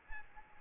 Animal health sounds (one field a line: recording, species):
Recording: mosquito wingbeat signal from an infrared sensor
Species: Aedes albopictus